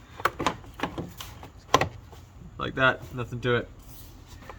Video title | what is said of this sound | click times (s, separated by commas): BMW E46 major coolant leak PART 2 / water pump replacement | which pops right in like | 1.7 s